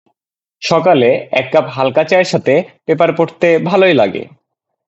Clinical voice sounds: elicited speech; Bengali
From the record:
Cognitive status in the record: cognitively healthy

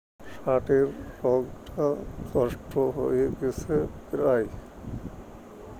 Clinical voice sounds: elicited speech; Bengali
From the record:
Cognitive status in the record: dementia

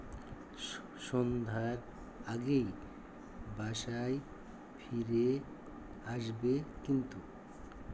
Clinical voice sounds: elicited speech; Bengali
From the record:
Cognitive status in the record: dementia

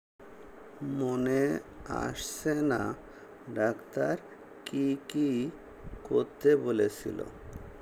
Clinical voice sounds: elicited speech; Bengali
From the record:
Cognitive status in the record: dementia

